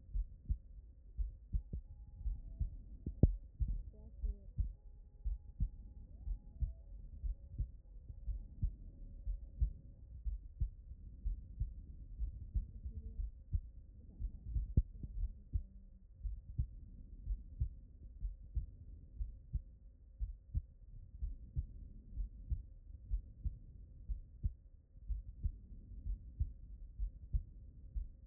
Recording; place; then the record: heart sounds by stethoscope; pulmonary valve (PV)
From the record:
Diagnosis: non-HFrEF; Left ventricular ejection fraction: 64%